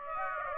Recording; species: mosquito wingbeat signal from an infrared sensor; Aedes aegypti